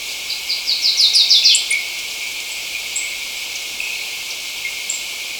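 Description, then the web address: Black-crested Warbler song: a quick burst of high, slightly descending notes strung into a short trill, followed by a few faint thin chips amid hiss. Recorded in Ecuador, South America. "Natures Songs S America Birds of Ecuador. Black-Crested Warbler"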